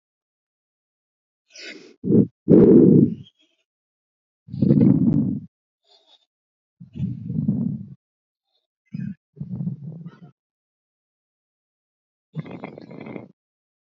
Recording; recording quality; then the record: shallow breathing; excellent, no background noise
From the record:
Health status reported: healthy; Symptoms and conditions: none ticked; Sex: male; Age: 45 years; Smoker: yes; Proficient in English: yes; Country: India